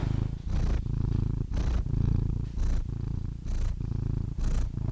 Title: The Ultimate Compilation of Adorable Cat Meows